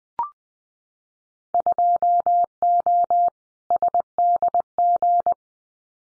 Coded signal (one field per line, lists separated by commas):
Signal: Morse code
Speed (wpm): 20 wpm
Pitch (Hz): 700 Hz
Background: none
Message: 2O SDG